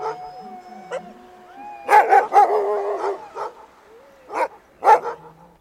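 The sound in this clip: Dog giving several barks and a thin whining tone, with quiet gaps between the outbursts.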